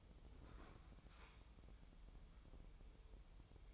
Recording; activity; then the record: daily activity, microphone in the room; open fridge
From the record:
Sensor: 1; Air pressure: 988.4 hPa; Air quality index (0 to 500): 198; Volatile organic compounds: 1000 ppm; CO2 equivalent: 5283 ppm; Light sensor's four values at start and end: 26/97/36/38 and 26/97/36/38